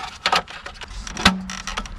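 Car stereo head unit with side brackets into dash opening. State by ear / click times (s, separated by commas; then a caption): not seated / none. A car stereo head unit with side brackets is slid into the dash opening of a 1997–2005 Lexus GS and pushed so its side clips catch, giving sharp knocks around 0.3 s and 1.3 s amid lighter taps and scrapes. The side clips fail to line up, so the unit has not clicked into place.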